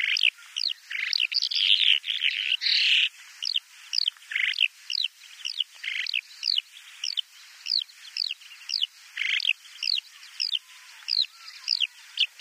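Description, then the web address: Bimaculated lark song of sharp downslurred notes repeated rapidly, broken by brief scratchy bursts, high-pitched and steady throughout. "Schulze Peter Bimaculated Lark song"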